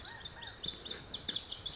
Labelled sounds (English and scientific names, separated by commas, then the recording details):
Pacific Wren (Troglodytes pacificus)
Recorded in Sonoma County, California